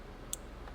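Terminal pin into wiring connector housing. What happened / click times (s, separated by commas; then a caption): The terminal pin clicked into the connector housing / 0.3 s. A terminal pin is pushed into a plastic wiring connector housing, with the connector's secondary safety pulled out, during work on a 600,000-mile Lexus engine. A single sharp, bright click is heard at 0.3 s against a quiet background. The pin seats and engages the connector's primary lock.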